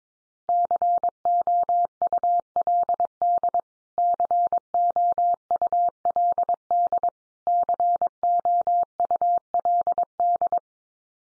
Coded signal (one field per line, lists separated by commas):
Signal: Morse code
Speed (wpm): 22 wpm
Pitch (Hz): 700 Hz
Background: none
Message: COULD COULD COULD